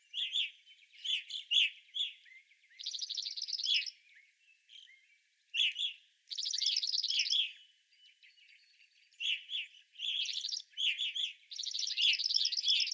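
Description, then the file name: Evening grosbeak flock calls, clear chirps mixed with longer buzzy, trilled bursts, separated by a few quiet pauses. Several evening grosbeaks, recorded 25 April 2021. "2021-04-25 Evening Grosbeaks"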